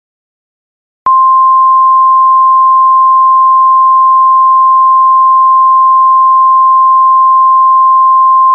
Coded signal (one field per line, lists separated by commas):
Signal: Emergency Alert System (SAME) tones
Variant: 1050 Hz attention tone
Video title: EAS Scenario - Evil Doomguy 2: Doomguy's Revenge PREVIEW